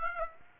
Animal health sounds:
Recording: mosquito wingbeat signal from an infrared sensor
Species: Aedes aegypti

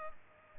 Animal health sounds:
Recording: mosquito wingbeat signal from an infrared sensor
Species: Culex pipiens

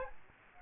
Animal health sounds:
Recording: mosquito wingbeat signal from an infrared sensor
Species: Aedes aegypti

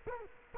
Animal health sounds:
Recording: mosquito wingbeat signal from an infrared sensor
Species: Culex quinquefasciatus

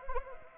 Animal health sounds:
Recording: mosquito wingbeat signal from an infrared sensor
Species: Anopheles arabiensis

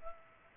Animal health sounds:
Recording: mosquito wingbeat signal from an infrared sensor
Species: Culex pipiens

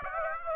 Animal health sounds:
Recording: mosquito wingbeat signal from an infrared sensor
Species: Aedes aegypti

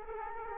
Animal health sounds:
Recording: mosquito wingbeat signal from an infrared sensor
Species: Aedes aegypti

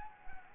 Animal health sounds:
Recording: mosquito wingbeat signal from an infrared sensor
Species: Anopheles gambiae

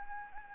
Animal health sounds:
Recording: mosquito wingbeat signal from an infrared sensor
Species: Anopheles gambiae

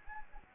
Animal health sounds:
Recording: mosquito wingbeat signal from an infrared sensor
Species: Anopheles gambiae

